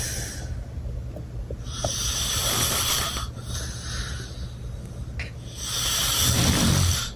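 An adult man snoring loudly and roughly in his sleep over a constant low rumble, during a trip to the Outer Banks. Harsh rattling surges come with the breaths about every four seconds, with quieter stretches between them, and at times the exhale gives a whistle-like sound. He has always snored, probably made worse by an old nose injury from Brazilian jiu-jitsu.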